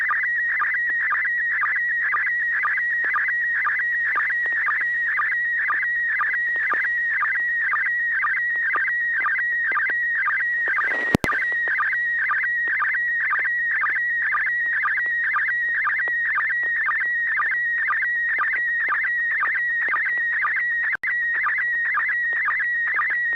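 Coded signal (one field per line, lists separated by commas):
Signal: SSTV (slow-scan television)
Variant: PD120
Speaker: this is going to be pd 120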